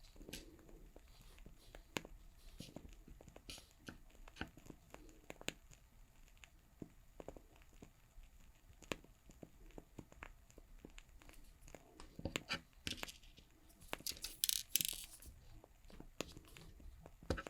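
A fire crackles, with sharp pops and snaps scattered unevenly through the whole stretch over a low, soft hiss. Around thirteen to fifteen seconds a brighter, rustling burst of activity stands out, then settles back.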